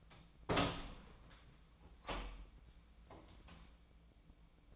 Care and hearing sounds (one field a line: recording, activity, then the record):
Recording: daily activity, microphone in the room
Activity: open door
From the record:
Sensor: 1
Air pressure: 1009.4 hPa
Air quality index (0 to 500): 184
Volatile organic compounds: 4 ppm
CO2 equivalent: 1552 ppm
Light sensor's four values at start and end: 38/101/41/49 and 38/102/42/49